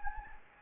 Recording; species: mosquito wingbeat signal from an infrared sensor; Anopheles gambiae